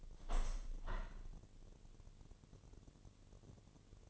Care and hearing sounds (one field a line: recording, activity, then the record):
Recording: daily activity, microphone in the room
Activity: open window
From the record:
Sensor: 4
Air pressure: 1007.2 hPa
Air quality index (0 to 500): 182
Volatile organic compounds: 5 ppm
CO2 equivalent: 1812 ppm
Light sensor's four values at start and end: 23/73/28/27 and 23/73/28/27